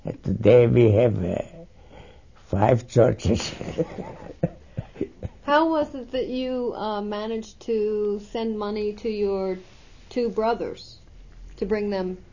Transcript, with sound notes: Today we have, uh, five churches. (He laughs.)
How was it that you, uh, managed to send money to your two brothers to bring them